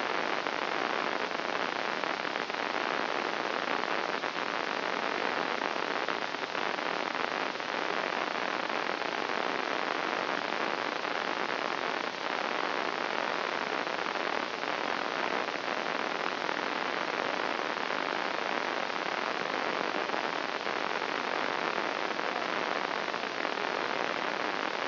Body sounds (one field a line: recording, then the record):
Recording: brain microelectrode recording played as sound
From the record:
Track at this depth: inside the subthalamic nucleus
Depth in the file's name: 1.131 mm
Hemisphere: right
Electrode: 2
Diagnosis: Parkinson's disease